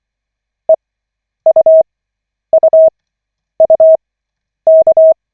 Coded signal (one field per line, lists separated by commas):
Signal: Morse code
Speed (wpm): 24 wpm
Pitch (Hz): 640 Hz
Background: none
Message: EUUUK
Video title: Koch 5/40, 23.12.2024, 9th(! :O) CW practice session